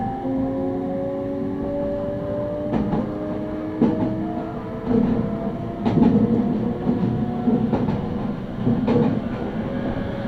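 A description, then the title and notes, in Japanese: A Meitetsu train runs along the Inuyama and Hiromi lines, a steady low rumble filling the recording. Rail joints click and thump at irregular intervals, sharp knocks near 3, 4, 6, 8 and 9 seconds, while a faint tonal whine glides slowly downward throughout. ガタンゴトンの旅。名古屋鉄道犬山・広見線 江南→布袋→新可児。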